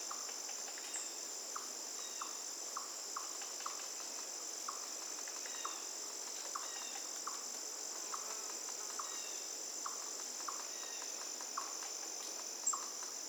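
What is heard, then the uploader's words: Short, soft chirps repeat at a steady pace, roughly twice a second, throughout the forest scene, with a few higher tweets mixed in. A constant, thin, high-pitched insect drone runs underneath the whole time, and the overall level stays even and quiet. Forest Birdsong. The melodious chirps and tweets.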